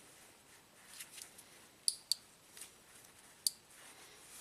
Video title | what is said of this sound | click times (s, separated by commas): $1500 down the DRAIN?? (Nissan Alternator Saga - Part 2) | three clicks | 1.9 s, 2.1 s, 3.5 s